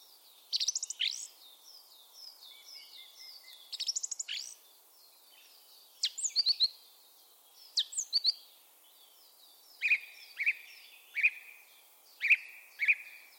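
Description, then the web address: Bird calls: sharp chirps and short bursts, later several evenly spaced loud notes, set in a crowded chorus of high thin whistles. "Bird Only"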